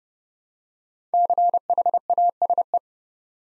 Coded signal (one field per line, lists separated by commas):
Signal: Morse code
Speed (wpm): 30 wpm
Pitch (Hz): 700 Hz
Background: none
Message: CHASE